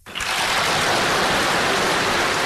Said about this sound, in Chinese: 习近平演讲过程中，全场多次响起热烈掌声。